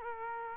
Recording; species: mosquito wingbeat signal from an infrared sensor; Culex quinquefasciatus